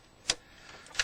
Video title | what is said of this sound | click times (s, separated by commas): EARLY MODEL GM LOCKPICK INSTALLATION | push them all the way until they click | 0.3 s, 1.0 s